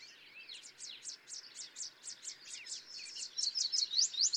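Yellow warbler song: a long series of quick, sweet downslurred notes, several per second, growing louder toward the end over a soft background hiss.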